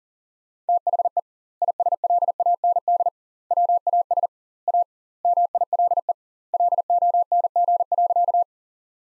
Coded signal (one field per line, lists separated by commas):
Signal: Morse code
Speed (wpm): 40 wpm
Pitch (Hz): 700 Hz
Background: none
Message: THE ISLAND WAS A MILE LONG.